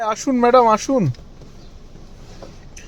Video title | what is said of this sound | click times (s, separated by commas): মেয়ের মুখেভাতের বাড়ি দেখতে গিয়ে খেলায় ব্যস্ত।। | গাড়িটা লক হয়নি, দরজাটা? | none